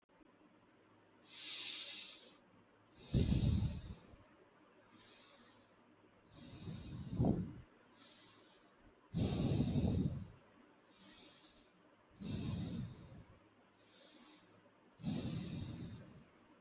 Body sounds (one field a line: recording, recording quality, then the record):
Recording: deep breathing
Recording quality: excellent, no background noise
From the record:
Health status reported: healthy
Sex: male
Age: 23 years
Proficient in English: yes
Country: India